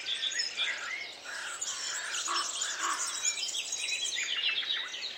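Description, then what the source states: Birds singing in chorus, many overlapping high chirps, trills and whistles mixed continuously with no single dominant voice. Many birds singing together in a forest.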